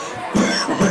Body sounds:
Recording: coughing mixed with background sound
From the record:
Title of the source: Spring Cold Coughing 3

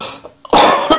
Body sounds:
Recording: coughing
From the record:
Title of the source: Spring Allergy Coughing

